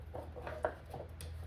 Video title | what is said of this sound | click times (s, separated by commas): Best mod for the money? - easy install | pretty sure I just heard it click. | 0.6 s